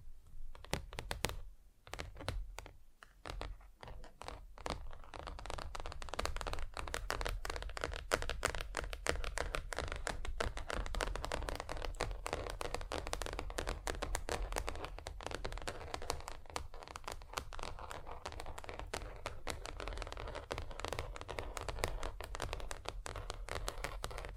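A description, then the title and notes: Fingers tap rapidly and unevenly across surfaces, starting sparse and quiet, then becoming a dense, steady patter of crisp clicks with a low rumble. ASMR Just Tapping (Different Surfaces No Talking).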